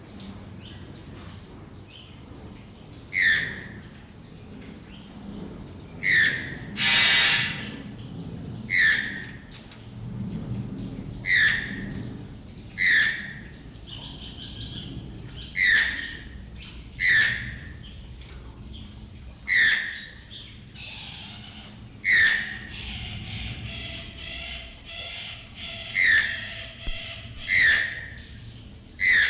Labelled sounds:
Channel-billed Toucan (Ramphastos vitellinus) call
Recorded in captivity
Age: adult
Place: Tierpark Carl Hagenbeck, Hamburg, DE
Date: 1998-10-31 13:30
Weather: 8°C, bedeckt z.T. Regen, Wind
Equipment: Sony MD-WM MZ-R3, Sennheiser MKH 416 T, Kopie Uher 4000 Report Monitor
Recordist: Tembrock, Günter

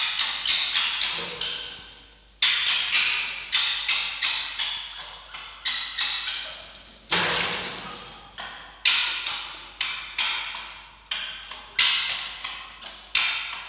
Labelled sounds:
Red Fox (Vulpes vulpes)
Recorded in captivity
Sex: female
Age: juvenile
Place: Zoologisches Institut der HUB, Berlin, DE
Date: 1953-06-30 18:25
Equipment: Elmetra
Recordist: Tembrock, Günter
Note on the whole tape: Fanny und Quick (Aufstellen wegen eines Kückens): Keckern

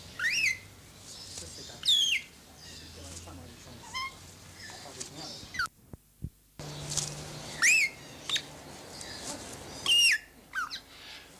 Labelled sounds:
Greater Vasa Parrot (Coracopsis vasa) call
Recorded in captivity
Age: adult
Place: Zoo Berlin, Berlin, DE
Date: 2003-06-27 17:42
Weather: heiter, 25°C
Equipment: Fair Mate ST-1328 (Asahi Electronics, Japan), Sennheiser ME 80, Kopie Uher 4000 Report Monitor
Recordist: Tembrock, Günter
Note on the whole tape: (Adultes) - fast ausgewachsenes Tier bei der Fütterung

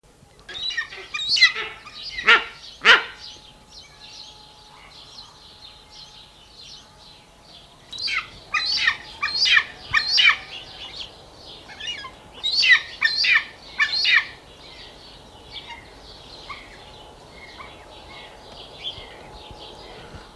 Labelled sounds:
Wedge-tailed Eagle (Aquila audax) call, Eastern Imperial Eagle (Aquila heliaca)
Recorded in captivity
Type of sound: call
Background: Aquila heliaca
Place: Tierpark Berlin, Berlin, DE
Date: 1981-04-18
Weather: sonnig 1-6°C
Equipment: Nagra SN, Kopie Uher 4200
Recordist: Tembrock, Günter
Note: Rufreihen. Abstand 5 m

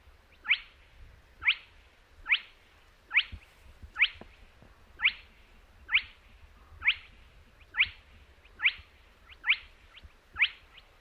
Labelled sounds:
Spotted Crake (Porzana porzana)
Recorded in the wild
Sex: male
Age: adult
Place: Kützerhof, Kummerower See, Mecklenburg-Vorpommern, DE
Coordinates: 53.8564, 12.8597
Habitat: wetland
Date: 2009-06-17
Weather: leicht bewölkt, schwacher Wind aus West, ca. 10 °C
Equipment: Sound Devices 702, Sennheiser MKH 70, Popschutz
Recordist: Frommolt, Karl-Heinz

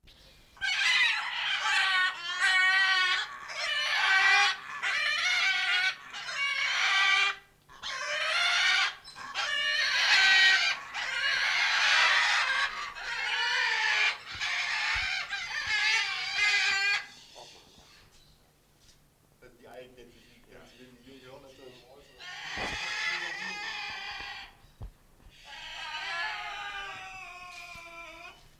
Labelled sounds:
Red-and-green Macaw (Ara chloropterus) call
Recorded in captivity
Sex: pair
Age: adult
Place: Zoo Magdeburg, Sachsen-Anhalt, DE
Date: 1989-05-12 11:55
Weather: overcast, intermittent rain, 12°C
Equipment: Sony WM-D6C, Kopie 19 cm
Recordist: Tembrock, Günter
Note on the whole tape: Paar (zuerst vom Nest mit Jungen abgesperrt, dann im Nistkasten): Rufe

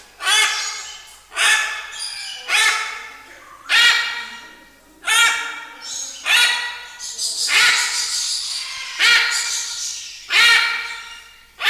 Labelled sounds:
Hyacinth Macaw (Anodorhynchus hyacinthinus) call
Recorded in captivity
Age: adult
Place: Zoo Berlin, Berlin, DE
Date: 2001-08-14 15:25
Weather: sonnig, ca. 26°C
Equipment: Marantz CP 130, Sennheiser MKH 416, Kopie Uher 4000 Report Monitor
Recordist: Tembrock, Günter

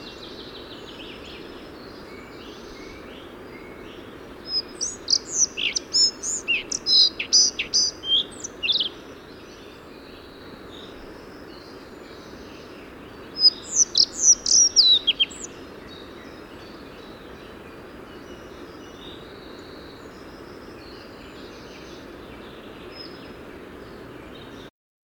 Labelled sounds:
Collared Flycatcher (Ficedula albicollis) song
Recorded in the wild
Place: Sinaia, Transilvania, RO
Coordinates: 45.331, 25.562
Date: 1976-05-27
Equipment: Nagra III BH, Sennheiser MD 21, parabola
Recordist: Schubert, Michael
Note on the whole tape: Gesang Halsbandschnäpper

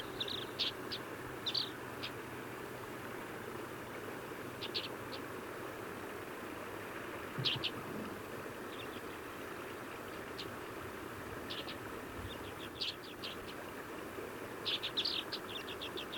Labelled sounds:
Alpine Accentor (Prunella collaris) call
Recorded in the wild
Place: Sinaia, Plateau, Transilvania, RO
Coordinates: 45.331, 25.562
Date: 1976-05-26
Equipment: Nagra III BH, Sennheiser MD 21, parabola
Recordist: Schubert, Michael
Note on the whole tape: Alpenbraunelle: Rufe b. Nahrungsaufnahme am Boden

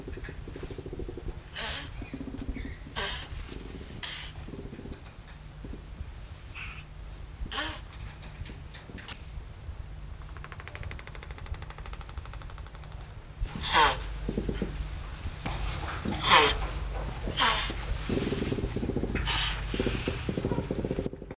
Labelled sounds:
Northern Screamer (Chauna chavaria) call
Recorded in captivity
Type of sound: call
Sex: pair
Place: Zoo Köln, Nordrhein-Westfalen, DE
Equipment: Halbspur, 9,5 cm/s
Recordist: Lütgens, Hans
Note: Ein Paar, etwas beunruhigt

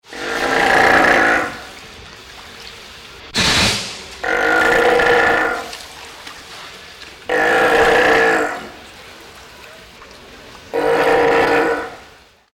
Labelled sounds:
South American Sea Lion (Otaria flavescens)
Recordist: Tembrock, Günter
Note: Langlaute eines Weibchens

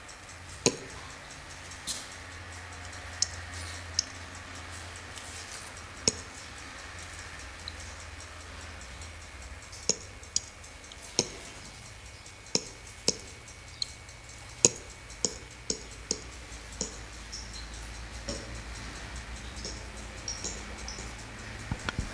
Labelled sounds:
Ring-tailed Lemur (Lemur catta) call
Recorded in captivity
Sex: pair
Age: adult
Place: Zoo Rostock, Mecklenburg-Vorpommern, DE
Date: 1984-02-03 13:12
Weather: bedeckt, z. T. Regen, 3-5°C
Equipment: Nagra SN, Kopie Uher 4000 Report Monitor
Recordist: Tembrock, Günter

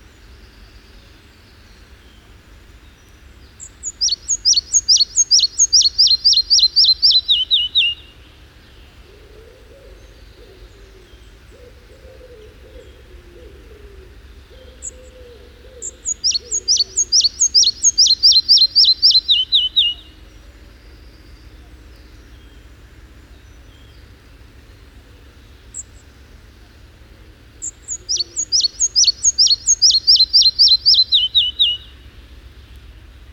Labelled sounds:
Red-breasted Flycatcher (Ficedula parva) song
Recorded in the wild
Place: Sassnitz, Insel Rügen, Mecklenburg-Vorpommern, DE
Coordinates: 54.516, 13.633
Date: 1975-05-19
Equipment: Nagra III BH, Sennheiser MD 21, parabola
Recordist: Schubert, Michael
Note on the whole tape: Gesang eines Zwergschnäppers

